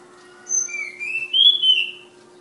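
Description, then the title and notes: Flowerpecker song: a thin high whistle followed by a long rising, wavering whistled phrase climbing upward, over a steady low electrical hum. Tledekan (Sulingan) from Kudus. "Tledekan/Sulingan ABABIL. Suara Burung Tledekan Ababil dari Kudus"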